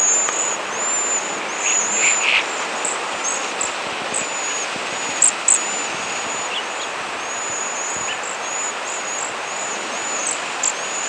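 Cedar waxwing calls: many thin, high, lisping whistles, repeated throughout against a steady background hiss.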